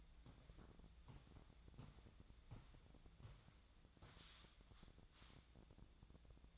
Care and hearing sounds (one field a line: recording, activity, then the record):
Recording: daily activity, microphone in the room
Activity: walk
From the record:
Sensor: 3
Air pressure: 1012.2 hPa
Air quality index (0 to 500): 183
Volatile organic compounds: 3 ppm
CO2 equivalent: 1403 ppm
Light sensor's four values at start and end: 50/133/57/60 and 49/129/56/58